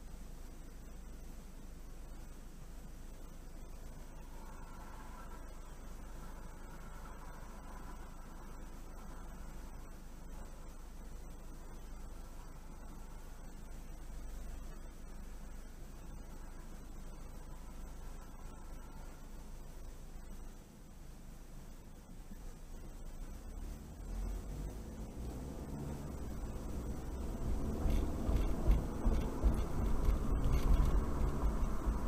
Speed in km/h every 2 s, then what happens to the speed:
0, 0, 0, 0, 0, 0, 0, 0, 0, 0, 0, 2, 5, 19, 29, 37.
0-22 standing. 22-32 pulls away to 37.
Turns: none.